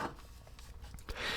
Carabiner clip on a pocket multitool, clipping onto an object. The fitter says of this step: Plus, it has this really nice clip where you can attach to a lot of things, and then it sort of locks into place.